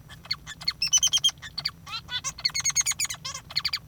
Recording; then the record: song of a male Bengalese finch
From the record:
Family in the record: father 3